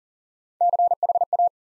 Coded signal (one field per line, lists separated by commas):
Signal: Morse code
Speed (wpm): 40 wpm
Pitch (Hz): 700 Hz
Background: none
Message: CHA